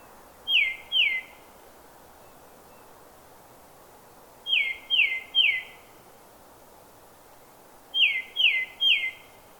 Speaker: Let's listen to the song of a tufted titmouse, recorded in a New Hampshire forest.